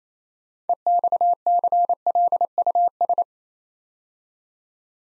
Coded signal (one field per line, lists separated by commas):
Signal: Morse code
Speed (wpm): 29 wpm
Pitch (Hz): 700 Hz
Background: none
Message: EXCLUS